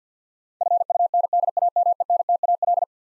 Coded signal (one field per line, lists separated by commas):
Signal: Morse code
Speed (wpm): 50 wpm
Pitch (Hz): 700 Hz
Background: none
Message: FUNDAMENTAL